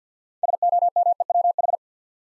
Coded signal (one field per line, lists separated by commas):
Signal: Morse code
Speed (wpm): 48 wpm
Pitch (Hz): 700 Hz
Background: none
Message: SOMEWH